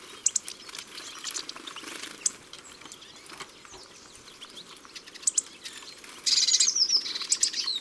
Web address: Mangeoire Le Chardonneret elegant. les 4 saisons des chants doiseaux